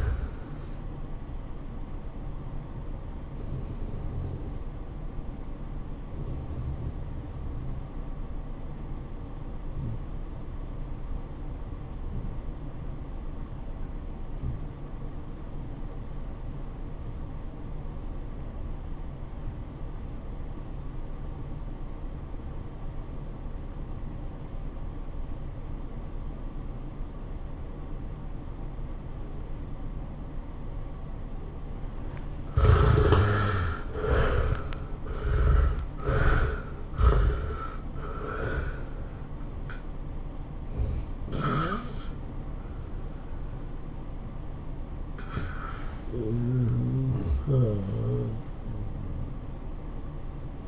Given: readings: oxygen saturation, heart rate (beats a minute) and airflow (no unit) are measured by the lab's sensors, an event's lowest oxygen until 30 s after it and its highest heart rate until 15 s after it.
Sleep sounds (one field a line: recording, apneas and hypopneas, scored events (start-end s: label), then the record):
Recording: breathing in sleep by a smartphone at the bedside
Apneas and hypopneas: 1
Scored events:
4.00-32.30 s: obstructive apnea (REM, oxygen 94% highest, then 64% lowest, heart rate 109 at the start, 116 highest)
From the record:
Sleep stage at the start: REM sleep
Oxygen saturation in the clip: 60 to 94%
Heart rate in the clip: 73 to 118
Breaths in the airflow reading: 7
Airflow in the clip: -19.0 to 10.7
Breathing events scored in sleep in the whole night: 403 in 5.5 hours asleep